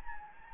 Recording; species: mosquito wingbeat signal from an infrared sensor; Anopheles gambiae